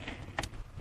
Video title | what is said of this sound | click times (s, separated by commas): The 2013 Ford Explorer Part 5 | There you go. Use that one in. That one locks in place. | 0.4 s